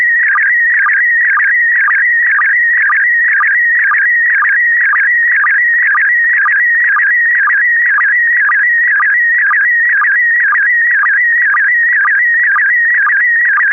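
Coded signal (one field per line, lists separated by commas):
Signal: SSTV (slow-scan television)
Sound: warbling, chirping tone with a regular tick about twice a second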